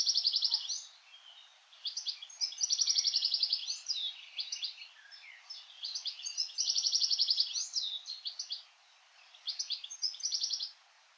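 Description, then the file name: European goldfinch singing a fast, liquid twittering song of tinkling notes and buzzy trills, delivered in bursts of several seconds separated by short pauses. "Carduelis carduelis"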